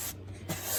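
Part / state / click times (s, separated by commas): plastic engine cover clip onto its mounting pin / not seated / none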